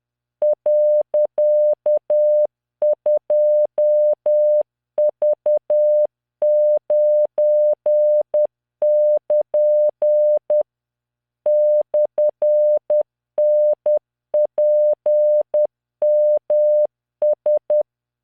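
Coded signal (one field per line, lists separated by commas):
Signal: Morse code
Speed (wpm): 10 wpm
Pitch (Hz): 600 Hz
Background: none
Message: .2V9<KN> /NPMS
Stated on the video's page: Practice Morse of random characters from LearningMorse software at 10 WPM, 600 Hz tone, standard three-dot spacing.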